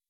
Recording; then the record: hydrophone in a shrimp aquaculture tank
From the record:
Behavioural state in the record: weakened